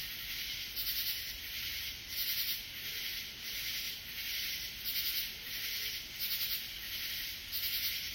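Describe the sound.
Katydid giving harsh raspy bursts, each under a second, repeated several times against constant high-pitched background buzzing.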